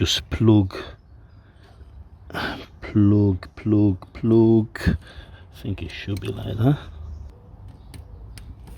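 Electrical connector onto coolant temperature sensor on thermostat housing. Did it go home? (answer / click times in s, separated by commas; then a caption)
yes / 8.4 s. Someone talks while an electrical connector is pushed onto the coolant temperature sensor on the new thermostat housing of a 2016 Fiat 500X 1.6 petrol during a coolant thermostat replacement. A few faint taps follow the talking, then a sharp, short click at 8.4 s as the plug seats.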